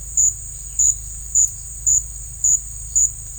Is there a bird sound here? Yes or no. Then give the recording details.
no. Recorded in secondary vegetation near Puerto Asís, Putumayo, Colombia, on 20 December 2024 at 16:00. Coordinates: 0.499, -76.323. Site G010